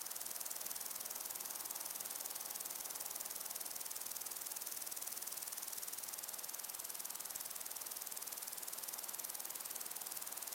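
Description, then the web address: Crickets chirping in a steady, rapid, high-pitched pulsing that never stops, over a constant windy hiss. Crickets and other insects in windy long grass. "beanstalk-audio Crickets and insects in windy long grass"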